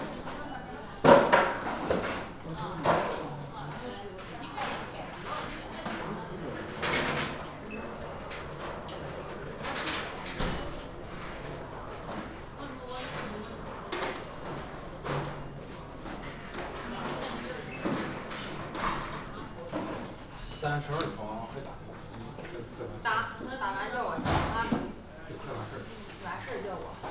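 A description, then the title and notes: Voices talk steadily at a hospital nurses' station on a pancreatic surgery ward, overlapping murmurs filling the background. Sharp knocks and clatters cut through every few seconds, like drawers or doors closing, with a louder bang near the start and another around 25 seconds. Qingdao Hospital Pancreatic Surgery Nurses Station. Hepatobiliary and pancreatic surgery nurse’s station on the west coast.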